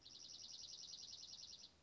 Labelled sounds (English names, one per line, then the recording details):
Dark-eyed Junco
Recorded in Sonoma County, California